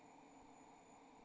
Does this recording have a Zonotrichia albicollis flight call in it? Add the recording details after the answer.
no. No flight call is heard. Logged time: 06:26 on 28 November 2014